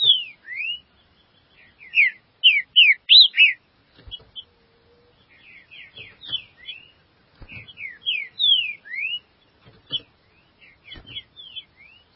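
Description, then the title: Green-winged Saltator singing bursts of sharp, slurred whistled notes, a loud phrase followed by softer repeated phrases, with a few clicks in between. "Trinca Ferro"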